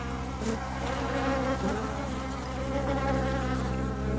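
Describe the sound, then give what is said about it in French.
A steady drone of buzzing insects: flies, small parasitic wasps and larger wasps that hunt maggots or eat eggs, with layered low hums and wavering tones overlapping continuously at moderate loudness, with no voices. “Et puis après, on a donc tous les prédateurs, les petites guêpes parasites, des guêpes un peu plus grosses qui vont venir soit chasser les asticots, soit manger les œufs.”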